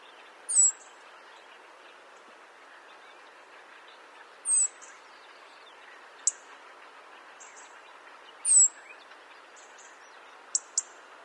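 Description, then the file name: European robin alternating thin descending seep whistles with a few sharp ticks, several seconds apart, over a steady low hiss. "Erithacus rubecula"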